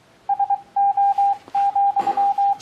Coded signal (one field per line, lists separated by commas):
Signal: Morse code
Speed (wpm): 23 wpm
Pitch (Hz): 800 Hz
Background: radio noise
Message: SO,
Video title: Receiving morse Code